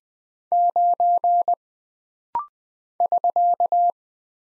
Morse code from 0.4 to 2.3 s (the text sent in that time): 9